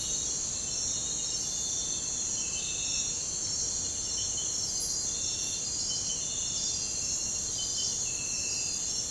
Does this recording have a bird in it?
no